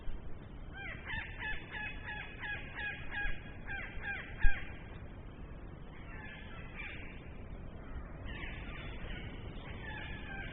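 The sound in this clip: Blue-backed parrot harsh calls: a rapid run of grating, raspy notes in the first few seconds, then scattered squawks later, all over a constant low rumbling background noise.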